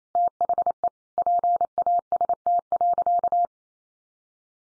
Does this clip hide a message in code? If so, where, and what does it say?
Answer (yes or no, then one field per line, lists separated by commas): yes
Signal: Morse code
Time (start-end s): 0.2-3.5 s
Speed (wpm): 28 wpm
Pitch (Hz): 700 Hz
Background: none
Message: THE PAST.